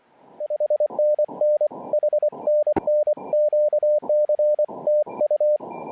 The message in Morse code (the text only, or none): HNN HNN QC TU